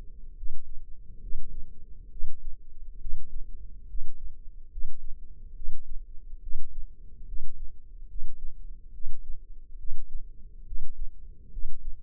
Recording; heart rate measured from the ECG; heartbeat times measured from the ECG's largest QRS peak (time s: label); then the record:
heart sounds by microphone in the left ear; 70 bpm
0.36 s: heartbeat
1.21 s: heartbeat
2.10 s: heartbeat
2.99 s: heartbeat
3.87 s: heartbeat
4.70 s: heartbeat
5.54 s: heartbeat
6.41 s: heartbeat
7.26 s: heartbeat
8.08 s: heartbeat
8.92 s: heartbeat
9.78 s: heartbeat
10.65 s: heartbeat
11.51 s: heartbeat
From the record:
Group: healthy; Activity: rest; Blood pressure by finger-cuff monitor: 138/83 mmHg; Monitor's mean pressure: 103 mmHg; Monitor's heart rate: 70 bpm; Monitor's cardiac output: 5.6 L/min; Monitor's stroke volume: 80 mL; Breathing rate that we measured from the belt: 17 breaths a minute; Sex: male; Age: 35 years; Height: 178 cm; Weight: 64 kg